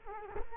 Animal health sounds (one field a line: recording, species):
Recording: mosquito wingbeat signal from an infrared sensor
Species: Culex quinquefasciatus